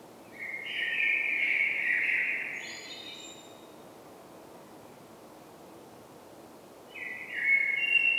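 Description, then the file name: Common blackbird, one long fluted phrase ending in high squeaks, then a long pause before another phrase starts near the end. "Turdus merula"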